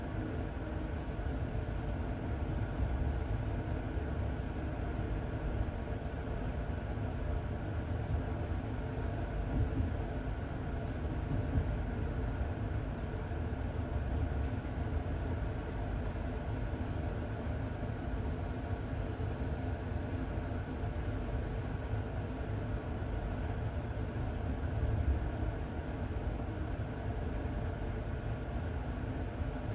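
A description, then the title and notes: A train's heavy, steady rumble fills the recording, dense and low, with a constant whine high above it. Faint clicks break through the upper range a few times between eight and sixteen seconds, while the overall loudness stays even throughout. Cinematic Train Journey. Powerful Locomotive Sounds.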